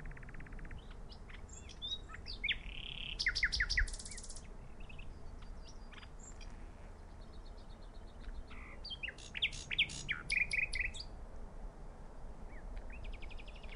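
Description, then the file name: Common nightingale song: two bursts of varied, loud notes and rapid trills, separated by quieter scattered chirps over a steady low rumble. "Luscinia megarhynchos"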